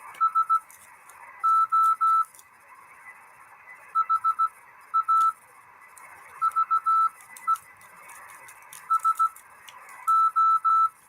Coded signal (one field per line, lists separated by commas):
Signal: Morse code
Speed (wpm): 16 wpm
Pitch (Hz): 1320 Hz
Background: none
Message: SO HAVE SO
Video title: 1 transistor 200mW CW on 3.5 MHz. Any contacts?